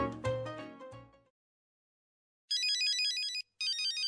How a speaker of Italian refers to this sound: Il tuo cellulare sta squillando. Che faccio? Rispondo?